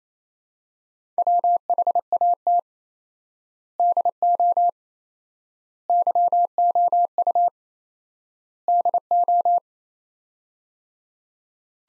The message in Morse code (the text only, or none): WHAT DO YOU DO